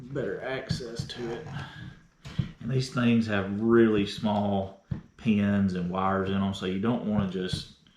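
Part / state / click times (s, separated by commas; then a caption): wiring connector into the instrument cluster / not seated / none. Someone talks while handling a wiring connector with really small pins and wires for the instrument cluster of a 1997 F250 during an odometer gear replacement; the connector will be pushed in with a hand supporting it from underneath. Only speech is heard, with brief handling noises. Nothing has seated or clicked yet when the clip ends.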